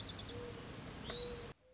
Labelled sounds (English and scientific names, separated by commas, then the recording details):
Mourning Dove (Zenaida macroura)
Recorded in Sonoma County, California